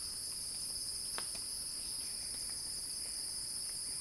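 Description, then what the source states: Cicada buzzing, dense, continuous and high, steady in loudness, with a few faint clicks beneath. Cicada song in a crescendo.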